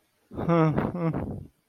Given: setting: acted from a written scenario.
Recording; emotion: vocal sound without words; romantic love